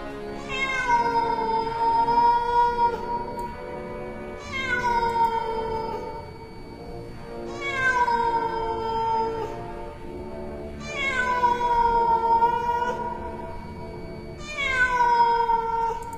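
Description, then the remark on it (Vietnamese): A cat yowls as it springs out of a clump of grass, in five long, drawn-out cries spaced a few seconds apart, each wavering and slightly descending in pitch, loud and harmonically rich with no talking. “Một con mèo từ bên trong bụi cỏ xông lên, lao thẳng đến chỗ Diệp Thiếu Dương.”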